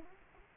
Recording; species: mosquito wingbeat signal from an infrared sensor; Aedes aegypti